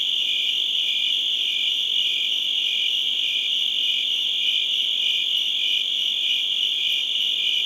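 Crickets calling together: a constant high-pitched ringing drone, with a slower pulsed chirp repeating beneath it, nothing else audible.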